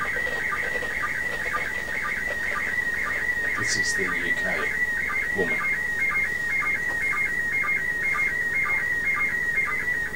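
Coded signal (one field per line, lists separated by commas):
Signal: SSTV (slow-scan television)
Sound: steady warbling tone around 2 kHz with rhythmic lower blips, like a chirping whistle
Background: radio static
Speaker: So we're probably going to get 2 pictures out of this.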